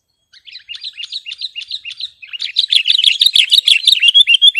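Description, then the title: Sooty-headed bulbul chatter, a quick run of short rising and falling notes that, after a brief pause near two seconds, becomes louder and denser. "kutilang"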